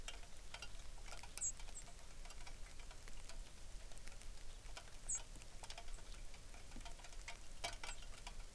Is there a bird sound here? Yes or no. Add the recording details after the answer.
yes. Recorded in the Arctic National Wildlife Refuge, Alaska, on 3 August 2019. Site 33